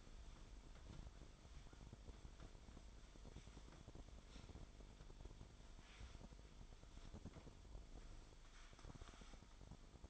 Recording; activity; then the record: daily activity, microphone in the room; wipe stove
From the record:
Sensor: 5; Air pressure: 1003.4 hPa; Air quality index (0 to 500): 142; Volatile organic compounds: 2 ppm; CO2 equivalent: 1031 ppm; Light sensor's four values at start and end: 32/72/32/37 and 32/72/32/37